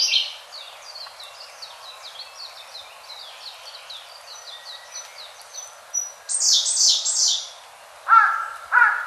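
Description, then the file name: Siberian blue robin song: a loud burst opening, faint thin notes, then a buzzy high trill near six seconds; lower harsh calls from another bird at the end. "koruri"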